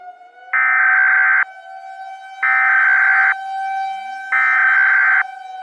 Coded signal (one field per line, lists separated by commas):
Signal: Emergency Alert System (SAME) tones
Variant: header bursts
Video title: Ashes To Ashes [EAS SCENARIO] [FT. @HiatusUntilDecember1st]